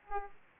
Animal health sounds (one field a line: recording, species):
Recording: mosquito wingbeat signal from an infrared sensor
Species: Aedes aegypti